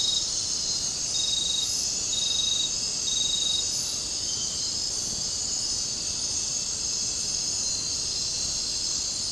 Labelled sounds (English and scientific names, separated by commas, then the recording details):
none
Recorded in dense forest near Puerto Asís, Putumayo, Colombia, on 12 March 2025 at 23:00
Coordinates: 0.467, -76.328
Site G041